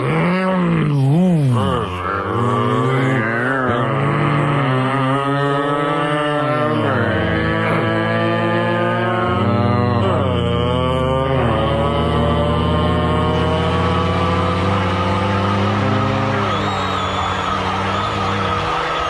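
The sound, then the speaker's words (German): A taxi's engine revs and drones steadily for about twenty seconds, its pitch swooping up and down early on before settling into a loud, continuous hum as the taxi drives. “Okay, ich rufe ein Taxi und kauf schnell ein Auto.”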